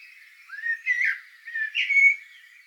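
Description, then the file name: Eurasian blackbird: two short warbled phrases, the first beginning with a rising note. "Turdus merula"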